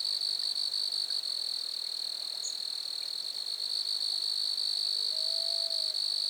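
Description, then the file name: Grasshoppers sustain a dense, high-pitched buzzing drone; a faint, low whistled note from another animal sounds near the end. Recorded at Lac-à-la-Croix, Montcerf-Lytton, Quebec, Canada. "criquets-grasshoppers- -lac-acc 80-franccca 7 ois-montcerf-lytton-quecc 81 bec-canada"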